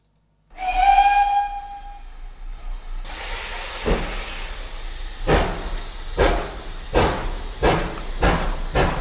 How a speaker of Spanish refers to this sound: Ya subiendo al tren que va a pitar su salida.